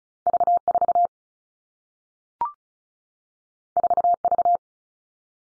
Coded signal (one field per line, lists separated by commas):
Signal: Morse code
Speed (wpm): 36 wpm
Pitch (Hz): 700 Hz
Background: none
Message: V 4 4 V